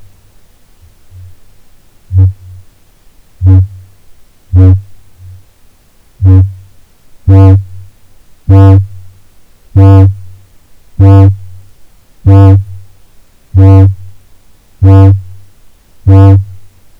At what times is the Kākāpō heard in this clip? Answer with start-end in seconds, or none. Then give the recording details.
0.68-1.43, 1.90-16.64. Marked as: faintness 4/5, faintness 1/5. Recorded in New Zealand. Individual Ben